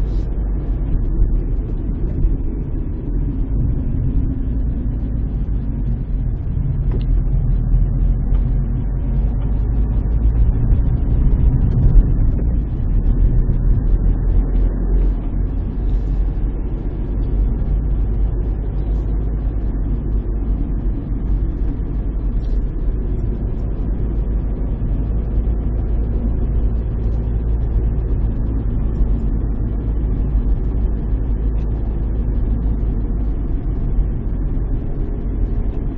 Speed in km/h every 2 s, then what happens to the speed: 34, 28, 21, 12, 17, 23, 30, 37, 40, 37, 37, 39, 43, 41, 40, 40, 37, 32.
0-6 brakes to 12. 6-15 speeds up to 40. 15-20 steady at about 37. 20-23 speeds up to 43. 23-31 steady at about 40. 31-36 slows to 32.